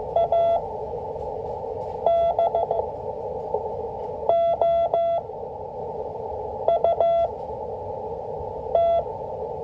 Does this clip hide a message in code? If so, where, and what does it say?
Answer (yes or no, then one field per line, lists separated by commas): yes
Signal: Morse code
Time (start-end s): 0.2-9.0 s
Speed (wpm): 15 wpm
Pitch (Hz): 680 Hz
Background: none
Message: ADOUT